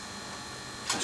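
A pair of wheels is pressed into a plastic OO gauge model railway wagon chassis. Over a faint steady background, a short, bright snap is heard at 0.9 s as the wheelset pops into place, and it is seated.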